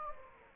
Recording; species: mosquito wingbeat signal from an infrared sensor; Anopheles gambiae